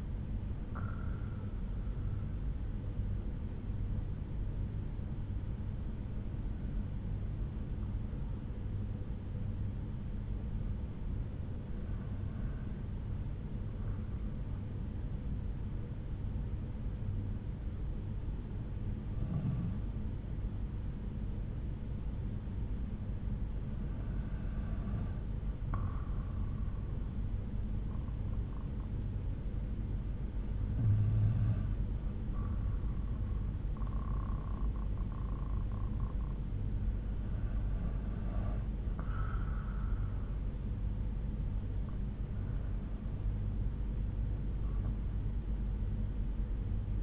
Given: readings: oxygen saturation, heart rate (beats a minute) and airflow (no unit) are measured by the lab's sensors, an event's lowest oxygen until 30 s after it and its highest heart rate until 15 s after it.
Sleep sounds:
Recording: breathing in sleep by a smartphone at the bedside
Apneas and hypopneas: 1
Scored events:
10.00-41.80 s: hypopnea (N2, oxygen 95% highest, then 91% lowest)
From the record:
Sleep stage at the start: N2 (light sleep)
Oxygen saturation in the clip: 88 to 95%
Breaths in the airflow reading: 8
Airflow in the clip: -7.5 to 6.2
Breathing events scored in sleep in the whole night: 368 in 8.0 hours asleep

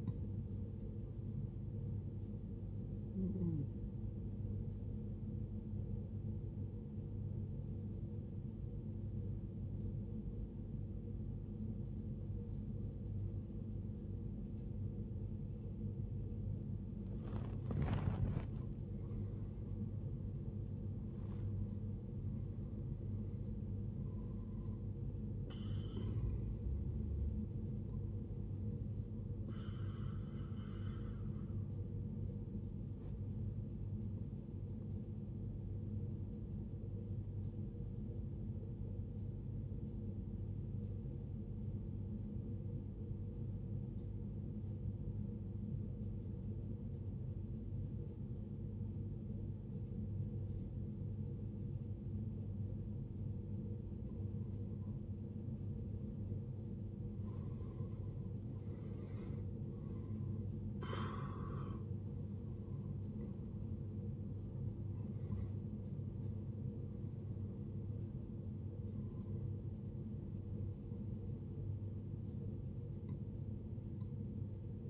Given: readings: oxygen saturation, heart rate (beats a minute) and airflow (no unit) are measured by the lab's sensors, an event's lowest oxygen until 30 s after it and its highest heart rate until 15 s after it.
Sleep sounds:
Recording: breathing in sleep by a smartphone at the bedside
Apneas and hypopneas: 2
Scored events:
8.00-20.10 s: obstructive apnea (N1, oxygen 94% highest, then 90% lowest, heart rate 62 at the start, 67 highest)
37.00-56.90 s: obstructive apnea (N1, oxygen 95% highest, then 82% lowest, heart rate 63 at the start, 82 highest)
From the record:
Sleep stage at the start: N1 (lightest sleep)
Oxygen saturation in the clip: 84 to 95%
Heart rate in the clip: 53 to 82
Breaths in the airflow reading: 11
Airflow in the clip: -15.8 to 16.6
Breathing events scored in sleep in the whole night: 389 in 6.3 hours asleep

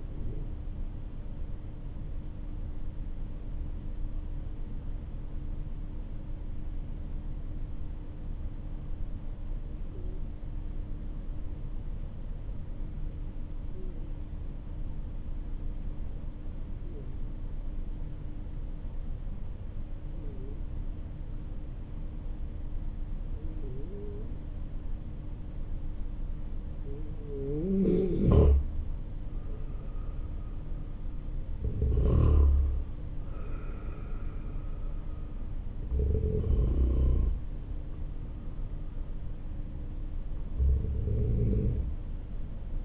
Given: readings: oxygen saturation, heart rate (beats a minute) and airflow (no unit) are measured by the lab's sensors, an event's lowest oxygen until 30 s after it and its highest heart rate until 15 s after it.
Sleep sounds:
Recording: breathing in sleep by a smartphone at the bedside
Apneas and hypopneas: 1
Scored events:
4.00-27.30 s: hypopnea (N2, oxygen 96% highest, then 91% lowest, heart rate 48 at the start, 61 highest)
25.00-42.85 s: new sleep stage, N3 (deep sleep)
From the record:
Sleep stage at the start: N2 (light sleep)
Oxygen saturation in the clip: 90 to 96%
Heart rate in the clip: 47 to 61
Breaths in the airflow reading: 8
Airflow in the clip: -10.6 to 10.6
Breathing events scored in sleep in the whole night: 304 in 5.6 hours asleep

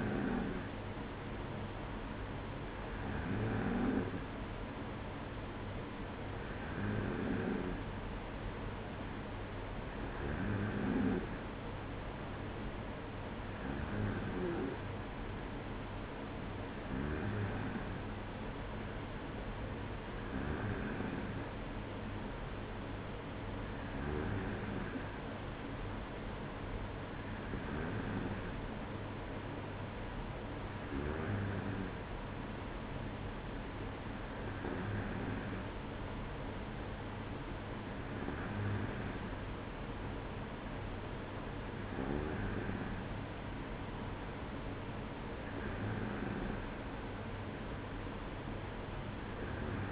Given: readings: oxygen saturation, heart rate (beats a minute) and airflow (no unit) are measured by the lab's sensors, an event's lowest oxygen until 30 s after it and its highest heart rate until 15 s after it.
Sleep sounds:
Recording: breathing in sleep by a voice recorder at the bedside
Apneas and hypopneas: none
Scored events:
none scored
From the record:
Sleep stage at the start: N2 (light sleep)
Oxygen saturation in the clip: 94%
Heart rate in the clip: 55 to 57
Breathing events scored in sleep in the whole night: 305 in 9.6 hours asleep

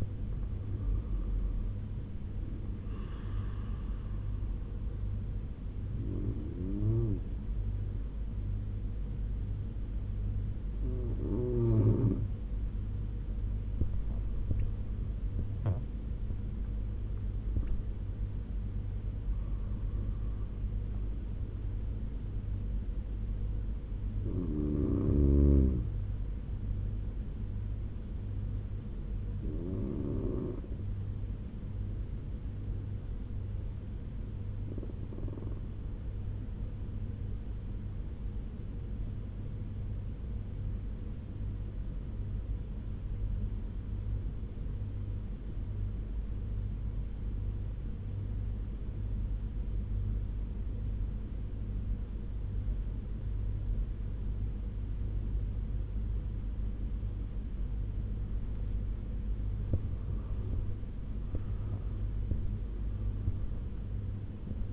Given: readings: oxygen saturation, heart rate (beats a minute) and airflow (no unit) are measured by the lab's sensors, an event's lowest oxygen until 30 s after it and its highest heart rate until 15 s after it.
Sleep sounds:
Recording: breathing in sleep by a smartphone at the bedside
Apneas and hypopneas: 1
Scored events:
36.00-59.60 s: obstructive apnea (N1, oxygen 97% highest, then 88% lowest, heart rate 72 at the start, 89 highest)
From the record:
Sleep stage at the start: N1 (lightest sleep)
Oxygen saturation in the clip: 90 to 97%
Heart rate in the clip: 69 to 89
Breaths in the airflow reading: 9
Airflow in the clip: -13.8 to 14.6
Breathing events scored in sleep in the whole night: 201 in 6.5 hours asleep

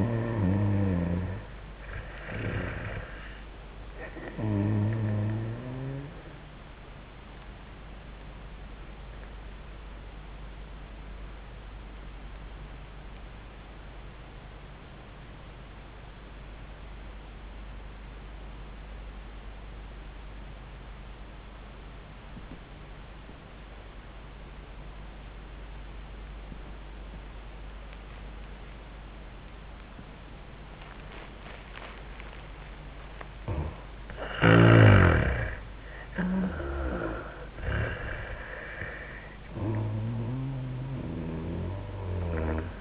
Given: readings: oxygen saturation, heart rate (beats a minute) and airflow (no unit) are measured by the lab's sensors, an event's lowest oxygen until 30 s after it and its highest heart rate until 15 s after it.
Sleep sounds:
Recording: breathing in sleep by a voice recorder at the bedside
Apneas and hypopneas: 1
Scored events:
11.00-34.20 s: obstructive apnea (N1, oxygen 97% highest, then 85% lowest, heart rate 75 at the start, 89 highest)
20.00-42.81 s: new sleep stage, N2 (light sleep)
From the record:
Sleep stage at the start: N1 (lightest sleep)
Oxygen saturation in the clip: 87 to 97%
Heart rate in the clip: 74 to 87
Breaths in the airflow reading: 4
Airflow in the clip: -11.1 to 8.2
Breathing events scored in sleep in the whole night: 400 in 8.7 hours asleep

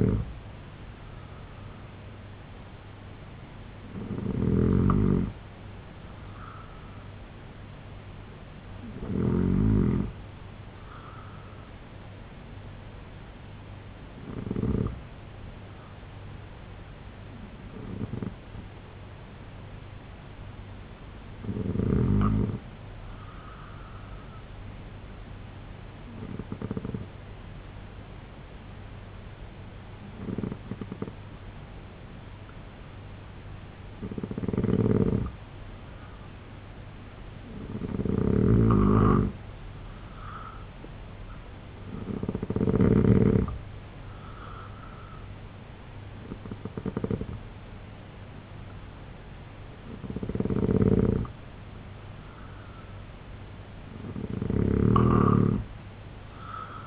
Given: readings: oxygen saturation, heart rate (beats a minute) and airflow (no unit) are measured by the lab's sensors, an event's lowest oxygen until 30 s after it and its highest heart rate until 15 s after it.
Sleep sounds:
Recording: breathing in sleep by a voice recorder at the bedside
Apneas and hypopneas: 1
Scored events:
15.00-41.80 s: hypopnea (N2, oxygen 92% highest, then 85% lowest, heart rate 68 at the start, 78 highest)
From the record:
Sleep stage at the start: N2 (light sleep)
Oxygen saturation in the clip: 84 to 92%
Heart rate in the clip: 65 to 78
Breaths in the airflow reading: 10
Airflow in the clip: -3.4 to 7.2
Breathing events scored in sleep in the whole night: 258 in 7.4 hours asleep

